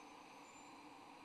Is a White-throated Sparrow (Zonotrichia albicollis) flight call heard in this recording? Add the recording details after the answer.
no. No flight call is heard. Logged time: 05:29 on 25 November 2014